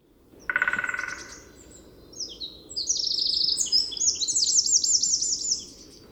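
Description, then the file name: Eurasian wren singing: a short rasping burst, then a fast, loud, very high warbling trill that speeds into dense rattling notes for over three seconds. "Troglodytes troglodytes"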